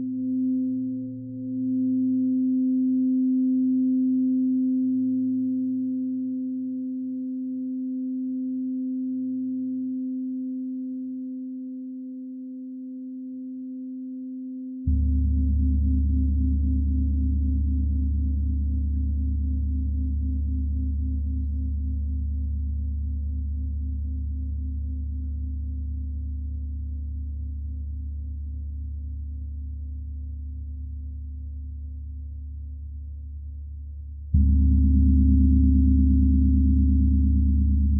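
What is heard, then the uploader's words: Singing bowls hum in a steady, ringing tone with a slow wobble, holding a single pitch for the first fifteen seconds. At about 15 seconds a deep, throbbing drone joins underneath and continues, and near 34 seconds the sound swells louder and slightly brighter. Soundscape singing bowls.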